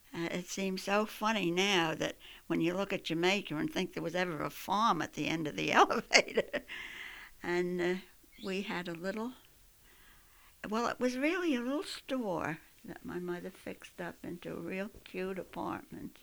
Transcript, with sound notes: It seems so funny now that when you look at Jamaica and think there was ever a farm at the end of the elevated. ( she laughs ) And we had a little, well, it was really a little store that my mother fixed up into a real cute apartment.